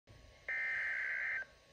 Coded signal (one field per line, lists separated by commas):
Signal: Emergency Alert System (SAME) tones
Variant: header bursts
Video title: Severe thunderstorm Warning On NOAA Weather Radio